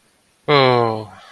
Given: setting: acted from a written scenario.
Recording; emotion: vocal sound without words; contentment